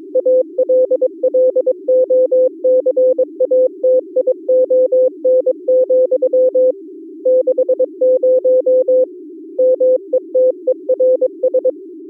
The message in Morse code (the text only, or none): ALLOCATION, 60 METERS